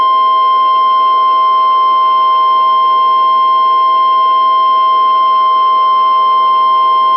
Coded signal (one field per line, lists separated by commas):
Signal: Emergency Alert System (SAME) tones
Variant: 1050 Hz attention tone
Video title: Texas Inferno (EAS Scenario)